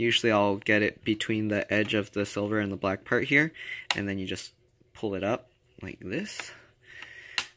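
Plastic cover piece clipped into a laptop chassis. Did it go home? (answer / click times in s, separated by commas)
released / 7.4 s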